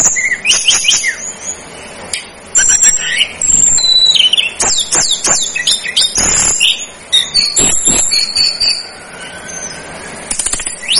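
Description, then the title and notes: Tledekan gunung song of quick high whistles, chips and sweeping notes in busy bursts over a steady background hiss. Master recording used for training cage birds. "Masteran Tledekan Gunung Sikatan Gunung 1. BURUNG TLEDEKAN"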